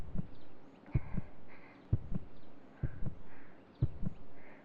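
A woman's own heartbeat heard through a stethoscope, her heart pounding from nervous excitement.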